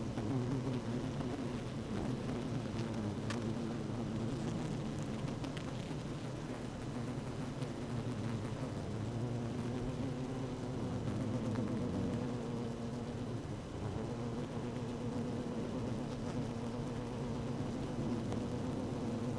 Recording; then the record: honeybee colony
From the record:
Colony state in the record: active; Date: 12 June 2018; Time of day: 15:52